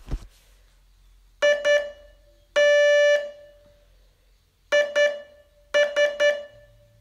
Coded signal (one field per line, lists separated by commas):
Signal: Morse code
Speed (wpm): 11 wpm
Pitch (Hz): 580 Hz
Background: none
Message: IT IS